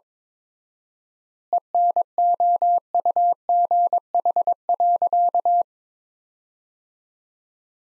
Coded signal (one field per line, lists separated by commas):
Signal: Morse code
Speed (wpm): 22 wpm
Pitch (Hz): 700 Hz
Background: none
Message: ENOUGH.